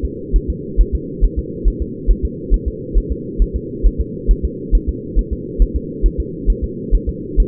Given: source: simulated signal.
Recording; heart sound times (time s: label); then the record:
fetal heart sounds
0.05 s: S2
0.36 s: S1
0.50 s: S2
0.81 s: S1
0.95 s: S2
1.24 s: S1
1.39 s: S2
1.68 s: S1
1.82 s: S2
2.11 s: S1
2.25 s: S2
2.54 s: S1
2.68 s: S2
2.97 s: S1
3.12 s: S2
3.42 s: S1
3.56 s: S2
3.86 s: S1
4.01 s: S2
4.31 s: S1
4.45 s: S2
4.75 s: S1
4.89 s: S2
5.19 s: S1
5.33 s: S2
5.62 s: S1
5.76 s: S2
6.06 s: S1
6.20 s: S2
6.50 s: S1
6.64 s: S2
6.95 s: S1
7.09 s: S2
7.40 s: S1
From the record:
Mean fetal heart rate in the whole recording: 135 bpm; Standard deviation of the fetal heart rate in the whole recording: 3 bpm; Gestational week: 36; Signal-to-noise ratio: -4.1 dB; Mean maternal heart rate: no maternal heart sound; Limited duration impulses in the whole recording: absent